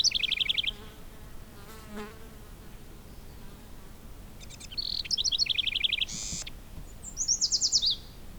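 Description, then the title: Bird song in three short phrases of rapid, evenly spaced high notes; the middle phrase ends in a harsh buzzy note. "neoscenes: birds"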